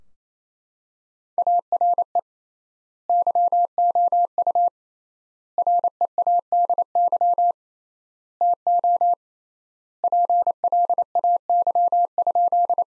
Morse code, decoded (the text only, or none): ARE YOU READY TO PLAY?